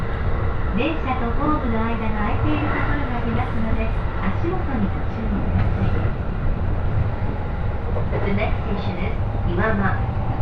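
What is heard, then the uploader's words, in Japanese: A ride on the Joban Line train between Katsuta and Ishioka, with a steady, heavy low rumble from the carriage running the whole way through. Voices talk over it for most of the clip, pausing briefly around the seventh second before speaking again. 耳で楽しむ鉄道旅 常磐線 勝田→石岡。というわけで土浦行きは5両のためかなり混んでいます。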